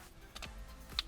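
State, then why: Seated. The rubber/leather shift boot surround on a 2016-2024 Camaro SS, LT or ZL1 automatic shifter is pressed back into the plastic center console trim. A faint tick comes at 0.4 s, then a sharp, bright snap at 1.0 s as the boot seats in place.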